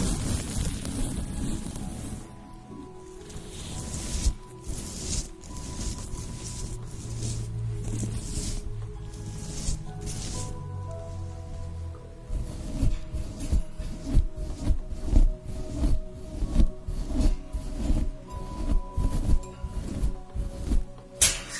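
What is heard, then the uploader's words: A facial treatment session, with a steady hiss like a steamer running underneath soft rubbing and brushing against skin. Faint tones drift in the background, and from about twelve seconds the touches turn quicker and tappier, a run of light, closely spaced taps and pats. Enjoy the sounds of having your facial treatment, with steam, cream, and massage.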